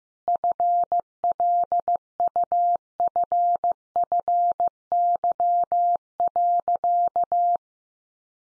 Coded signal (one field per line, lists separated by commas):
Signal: Morse code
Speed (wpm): 15 wpm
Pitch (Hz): 700 Hz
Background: none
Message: FLUFFY.